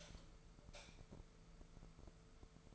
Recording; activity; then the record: daily activity, microphone in the room; light off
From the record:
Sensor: 5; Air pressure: 1014.6 hPa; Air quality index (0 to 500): 152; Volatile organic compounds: 4 ppm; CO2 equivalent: 1670 ppm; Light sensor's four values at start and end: 199/478/202/221 and 198/474/200/219